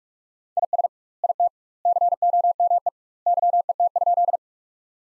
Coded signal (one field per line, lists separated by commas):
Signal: Morse code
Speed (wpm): 44 wpm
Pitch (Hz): 700 Hz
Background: none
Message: IS IT COME YET?